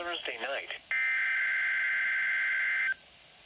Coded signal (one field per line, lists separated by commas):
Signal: Emergency Alert System (SAME) tones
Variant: header bursts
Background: speech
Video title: Required Weekly Test [EAS #34]